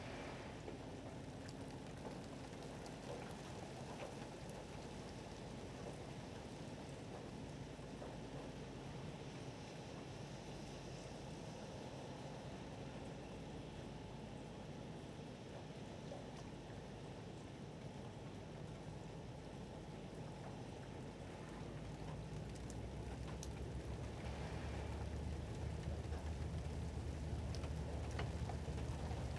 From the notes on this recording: Thunder, rain, waves, gulls, hail, and steamship (ferry) traffic.